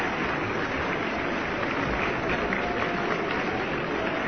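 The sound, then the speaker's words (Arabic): A crowd at the Qasr El Nil cinema in 1956 applauds steadily as the curtain opens and a singer stands on the stage returning their greeting, a dense wash of clapping at an even level that neither swells nor fades across the few seconds, with no voices standing out. “حيث يقف على المسرح ويرد تحية الجماهير.”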